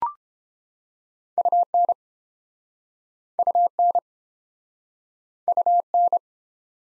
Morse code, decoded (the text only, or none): UN UN UN